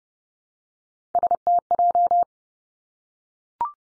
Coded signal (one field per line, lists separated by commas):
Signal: Morse code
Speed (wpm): 30 wpm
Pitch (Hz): 700 Hz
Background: none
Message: STJ